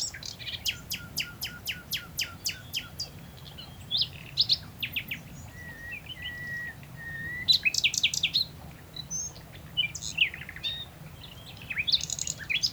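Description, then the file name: Common nightingale song opening with a rapid series of sharp repeated clicks, followed by whistled notes, a steady tone and more quick chirping phrases. "Luscinia megarhynchos"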